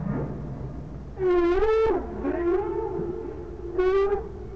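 Whale moans: two strong harmonic calls, one bending up and down for about a second, another shorter one later, linked by a steady drawn-out tone.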